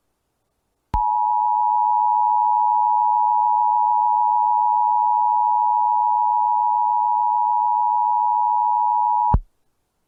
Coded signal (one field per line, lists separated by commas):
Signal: Emergency Alert System (SAME) tones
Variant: 853 and 960 Hz attention tone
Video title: EAS Required Monthly Test South Carolina Statewide Test WXRY-LP Colombia, SC +WeatherSTAR4000